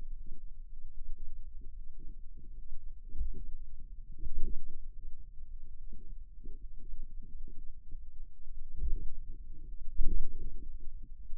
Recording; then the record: forearm muscle sounds (acoustic myography)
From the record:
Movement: finger pinch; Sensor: system 2, bracelet of six BSWA MPA416 microphones around the upper forearm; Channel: 5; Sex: female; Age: 23 years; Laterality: right